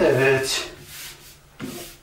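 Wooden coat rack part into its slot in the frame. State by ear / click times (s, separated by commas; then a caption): seated / 1.6 s. A wooden part of a handmade coat rack is tapped into its cut-out slot in the frame while someone talks. After a stretch of rubbing, scraping sound, a sharp knock at 1.6 s marks the part seating in place.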